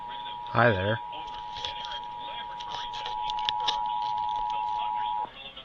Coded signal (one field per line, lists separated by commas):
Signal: Emergency Alert System (SAME) tones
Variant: 853 and 960 Hz attention tone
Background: speech